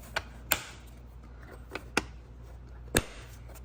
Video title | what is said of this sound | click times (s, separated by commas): 2020 Honda Odyssey Air Filters - How to change engine air filter and cabin air filter | all right notice how those clips went on really easily if for some reason they're not clipping that means that you're not seated all the way down | 0.5 s, 2.0 s